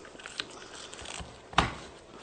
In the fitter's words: pull up on the middle arm until you hear there's 2 clicks because there's 2 buttons in there,